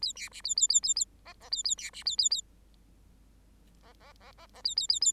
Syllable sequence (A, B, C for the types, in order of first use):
A B C A A A A A D D A A B C A A A D D D D D A A A A